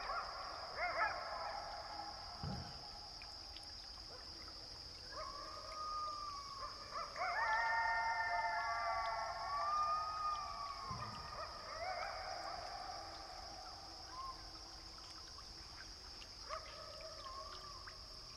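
Coyotes howl in the distance, with wavering, sliding cries overlapping in a chorus through the middle of the clip and shorter yips near the start and end. A steady high-pitched whine runs throughout, and a couple of soft low thumps occur early and midway.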